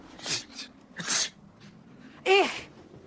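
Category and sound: human body sound, sneeze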